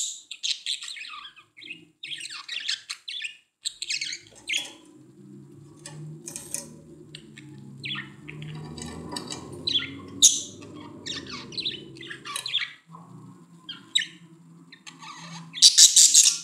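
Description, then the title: Budgerigar chattering in short squeaky phrases over a low steady hum, ending with a loud harsh screech. "Budgie Sounds"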